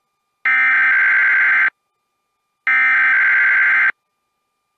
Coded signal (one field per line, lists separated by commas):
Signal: Emergency Alert System (SAME) tones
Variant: header bursts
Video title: EAS Alerts From The Week Of 12/9/2020 (EAS#65-80)